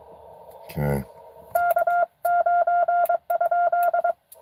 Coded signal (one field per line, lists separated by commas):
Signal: Morse code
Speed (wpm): 22 wpm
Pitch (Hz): 690 Hz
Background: speech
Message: K9?